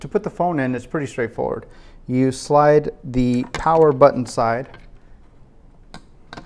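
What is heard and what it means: Someone talks while a smartphone is slid power-button side first into a plastic filmmaking case and lined up, before being pressed home. Only faint ticks are heard near the end, around 5.9 and 6.3 seconds. Nothing has snapped or seated yet.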